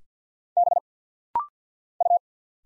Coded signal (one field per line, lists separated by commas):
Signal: Morse code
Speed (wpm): 50 wpm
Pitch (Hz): 700 Hz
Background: none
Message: B U